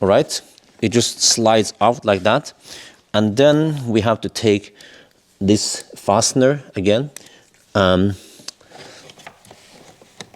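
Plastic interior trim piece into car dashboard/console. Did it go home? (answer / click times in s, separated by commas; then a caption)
yes / 10.2 s. A plastic interior trim piece is aligned and pressed back into the dashboard or console area of a Tesla Model 3 Highland after an OBD adapter is installed for S3XY buttons. Someone talks while a few small knocks are heard around 8.5–9.5 seconds. The trim panel clicks back into place at 10.2 seconds, seated.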